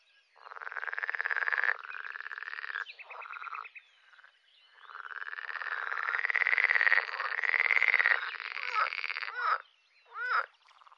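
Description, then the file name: Pool frog calling: long buzzy pulsed croaks rising slightly in pitch, interspersed with short squeaky and twanging notes from frogs. "grenouille de lessona"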